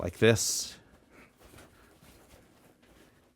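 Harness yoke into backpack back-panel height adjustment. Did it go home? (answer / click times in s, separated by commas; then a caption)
no / none. Someone talks briefly as the shoulder-harness yoke of a Pgytech OnePro Flex 40L backpack is popped out of its height position, with a loud burst of handling noise around 0.2–0.7 s. The yoke is then slid up and down along the back panel's fabric and plastic adjustment levels, producing soft, low rubbing and shuffling. The harness has not locked or clicked into place yet.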